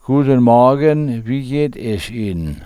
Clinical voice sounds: spoken sentence; German; male; 60 to 69 years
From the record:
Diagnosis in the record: orofacial dyspraxia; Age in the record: 69 years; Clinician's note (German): KK ohne Befund, diskrete Bewegungsstörung

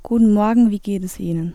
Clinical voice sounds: spoken sentence; German; female; 18 to 19 years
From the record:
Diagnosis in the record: healthy voice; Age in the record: 18 years

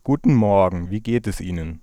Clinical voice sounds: spoken sentence; German; female; 20 to 29 years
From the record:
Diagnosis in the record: healthy voice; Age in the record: 22 years

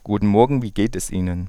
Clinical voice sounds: spoken sentence; German; male; 30 to 39 years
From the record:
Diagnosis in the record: cluttering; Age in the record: 30 years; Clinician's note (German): Larynx strobosk. o.B.

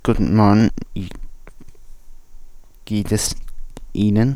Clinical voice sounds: spoken sentence; German; male; 20 to 29 years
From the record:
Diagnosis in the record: stuttering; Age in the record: 25 years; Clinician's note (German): Ausgeprägt chronische Form

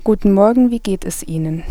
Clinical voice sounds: spoken sentence; German; female; 18 to 19 years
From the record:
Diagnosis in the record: healthy voice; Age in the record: 19 years

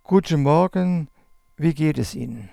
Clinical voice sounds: spoken sentence; German; male; 70 to 79 years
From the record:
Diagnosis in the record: dysphonia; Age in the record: 75 years

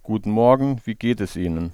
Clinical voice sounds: spoken sentence; German; male; 40 to 49 years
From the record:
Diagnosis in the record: stuttering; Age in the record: 47 years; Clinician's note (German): Keine funktionelle Dysphonie

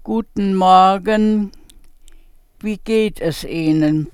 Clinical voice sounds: spoken sentence; German; female; 70 to 79 years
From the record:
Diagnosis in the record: healthy voice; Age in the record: 73 years

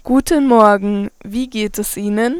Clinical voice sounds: spoken sentence; German; female; 20 to 29 years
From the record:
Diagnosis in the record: healthy voice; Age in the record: 21 years

